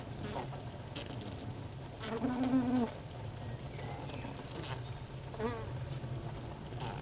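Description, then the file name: Honey bee buzzing within a hive, a low continuous hum broken by a short louder buzz near the middle and faint crackling movements. Recorded inside a beehive. "Ruche Interieur"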